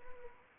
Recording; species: mosquito wingbeat signal from an infrared sensor; Anopheles arabiensis